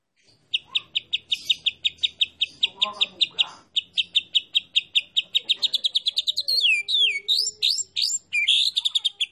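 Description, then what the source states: White-rumped shama song: a long train of quick, evenly spaced piping notes that breaks into varied swooping whistles toward the end. Masteran (tutoring) recording of a champion (juara) bird.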